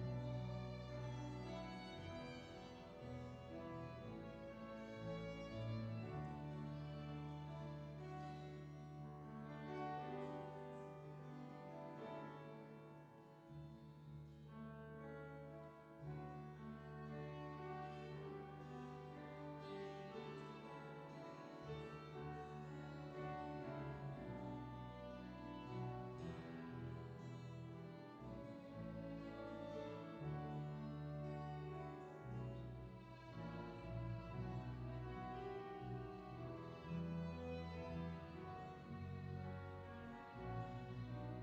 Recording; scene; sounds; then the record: everyday scene through a hearing-aid microphone; reverberant space; music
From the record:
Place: church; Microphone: in the ear canal, left